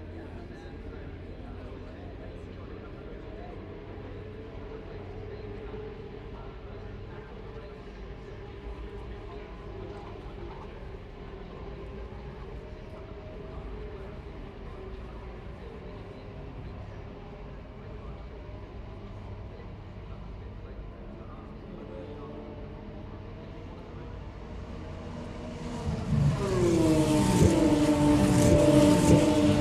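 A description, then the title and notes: Formula 3 race laps: a steady low rumble of engines runs for most of the half minute, with faint whine and talk-like murmur over it. Near 26 seconds a car roars past loudly, its pitch sweeping down as it goes. This is a recording of the first fours laps of a Formula 3 race from the 2022 British Grand Prix weekend at Silverstone. The first few laps are very sparse until the field spreads out.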